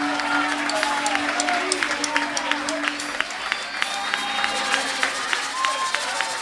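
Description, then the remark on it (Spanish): An audience at a live album presentation concert applauds a singer steadily with scattered cheering, a dense wash of clapping punctuated by sharper individual claps and a few high whistle-like calls, sustained at an even loudness throughout. “Un fuerte aplauso.”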